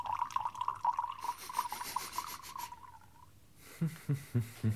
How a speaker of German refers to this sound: den Wein hingelenkt, den Naumann eben in die langstieligen Hochglanzschliffgläser einschenkt